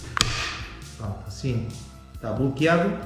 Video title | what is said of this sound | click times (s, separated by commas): MOTOSSERRA GASOLINA PARKSIDE PBKS 53-A2 PETROL CHAINSAW PARKSIDE PBKS 53-A2 | OK, das war's, sie blockiert, | 0.2 s